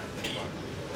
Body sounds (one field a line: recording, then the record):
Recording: coughing mixed with background sound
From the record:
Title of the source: 55 gaggy wet cough